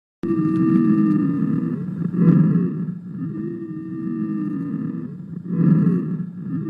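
Polyphonic wheezes from a lung sound simulator: several simultaneous musical tones at differing pitches, recurring with each breath over a low rumbling background.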